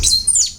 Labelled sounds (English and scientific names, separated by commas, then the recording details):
Stitchbird (Notiomystis cincta) song
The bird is a male
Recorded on Tiritiri Matangi Island, New Zealand, in 2005
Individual 21, of nest box 30